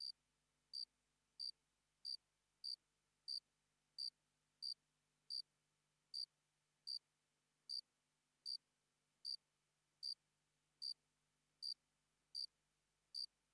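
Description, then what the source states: Cricket chirping: short high chirps repeated at a quick, fairly even pace throughout. Single cricket, sparse calling.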